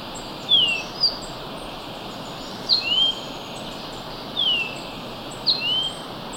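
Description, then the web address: Orange-bellied euphonia calls: clear, high whistles alternating between falling and rising slurs, about four phrases over six seconds, with a faint high buzz behind. Ecuador. "Natures Songs S America Birds of Ecuador. Orange-bellied Euphonia"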